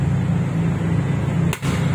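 A plastic end cover is pressed back onto the roof rail of a Honda BR-V over a steady low hum. A single sharp hit at 1.5 s snaps it into place, locking the cover onto the rail so it is seated.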